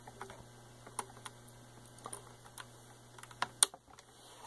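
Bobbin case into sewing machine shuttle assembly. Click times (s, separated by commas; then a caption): 3.6 s. A metal bobbin case is fitted wide opening up into the shuttle of a Pfaff sewing machine (360, 362, 230, 332 or 338) and pushed until it clicks into place. Light ticks and taps from handling come first, then a sharp, bright click at 3.6 s as the bobbin case seats in the shuttle.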